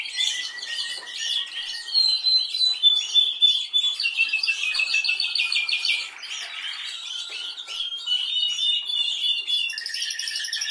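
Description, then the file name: Canary song, a continuous run of rapid trills and chattering phrases with a few clear whistled notes, shifting to higher buzzy rolls near the end. "Canary Voice"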